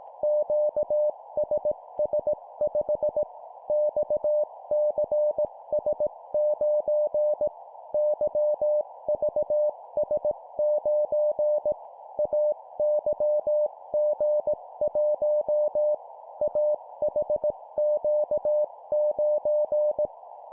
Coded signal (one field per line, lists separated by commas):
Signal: Morse code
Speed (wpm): 18 wpm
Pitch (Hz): 600 Hz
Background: none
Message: QSS5 XCS9 YVS9 AYG1 AHQ9